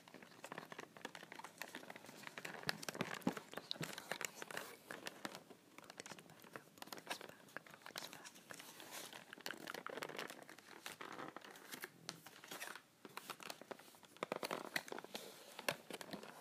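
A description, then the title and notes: Tapping and scratching on a box with fingernails, a dense run of small clicks and rough scrapes that never settles into a steady rhythm. The sounds are bright and papery, crinkling in places, with loudness shifting constantly and a brief near-silent gap around thirteen seconds. Unboxing a box of three different hand and nail creams. Nail box tapping and scratching.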